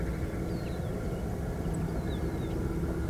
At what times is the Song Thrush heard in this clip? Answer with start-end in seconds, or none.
1.72-1.77